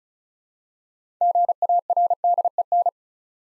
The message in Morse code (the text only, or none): GARDEN